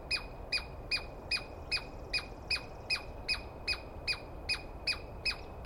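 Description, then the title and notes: Douglas squirrel calling with harsh, clipped squawks that drop in pitch, evenly spaced roughly every 0.4 seconds against a soft, steady hiss. Recorded at dawn on 21 April 2017 in the East Cascades; a squirrel screaming at length, which the recordist, going by its sound, felt fairly sure was a Douglas Pine Squirrel. "Interview With The Chipmunk. On the morning of 21 April, 2017, I set up my microphones and recorder for a nice dawn recording in the East Cascades. I was started awake by a screaming Douglas Pine Squirrel"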